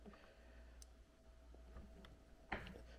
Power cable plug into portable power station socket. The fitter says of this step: and that requires a bit of there we go a nice click and then put the lock on and